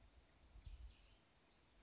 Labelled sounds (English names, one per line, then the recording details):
Western Flycatcher
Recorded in Sonoma County, California